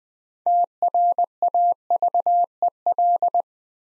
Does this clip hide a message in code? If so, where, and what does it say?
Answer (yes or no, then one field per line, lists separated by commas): yes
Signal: Morse code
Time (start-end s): 0.5-3.4 s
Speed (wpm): 20 wpm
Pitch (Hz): 700 Hz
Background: none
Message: TRAVEL